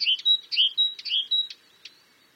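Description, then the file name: Great tit singing a clear, rhythmic two-note phrase, a low chirp and a high whistle, given three times in quick succession before fading to silence. "Parus major"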